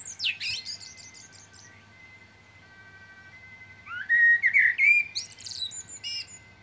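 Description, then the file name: Common blackbird: sharp high twitters open, then after a pause a mellow whistled warble leading into thin squeaky notes. "Turdus merula"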